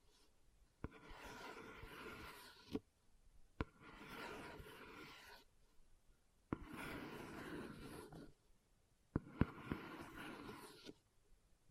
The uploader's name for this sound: Leather Tapping & Scratching Sounds